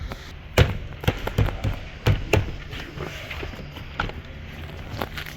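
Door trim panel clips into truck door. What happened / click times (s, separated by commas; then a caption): The panel's plastic clips snapped into place / 0.6 s, 2.1 s, 2.3 s, 4.0 s. A truck's interior door trim panel is pushed down and in against the door so its plastic retaining clips snap into the metal door. Sharp clicks and snaps are heard at 0.6, 2.1, 2.3 and 4.0 seconds, among other bumps and handling noise, and the clip is seated.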